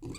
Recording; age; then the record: pig call; weaner (32 to 43 days)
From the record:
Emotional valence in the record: negative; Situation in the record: long isolation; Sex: female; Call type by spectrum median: low-frequency call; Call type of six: high-frequency modulated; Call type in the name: high-frequency modulated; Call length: 0.19 s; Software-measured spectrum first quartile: 220 Hz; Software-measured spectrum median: 615 Hz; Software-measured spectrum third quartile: 4566 Hz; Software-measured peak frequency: 331 Hz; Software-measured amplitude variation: 117 dB a second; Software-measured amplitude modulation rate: 18.6 a second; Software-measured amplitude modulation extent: 6.3 dB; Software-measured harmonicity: 2.9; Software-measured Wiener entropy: -4.61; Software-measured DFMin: 1097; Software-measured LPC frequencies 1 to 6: 315, 1109, 2357, 3611, 4530, 6019 Hz